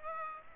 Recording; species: mosquito wingbeat signal from an infrared sensor; Aedes aegypti